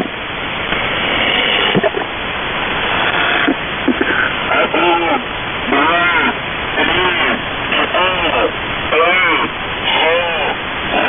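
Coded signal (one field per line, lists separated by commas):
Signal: coded military voice message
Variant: Russian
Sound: a man's voice counting short words at an even pace over noisy sideband radio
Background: radio static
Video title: 4059 kHz USB [Russian Military Net] | 09th February 2024 | Test Counts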